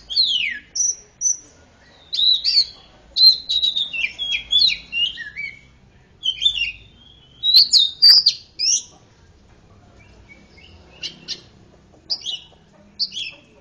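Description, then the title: Oriental magpie-robin singing bright, varied whistled phrases mixed with sweeping slurs and chirps, in bursts with gaps, then softer scattered notes near the end. "Kacer"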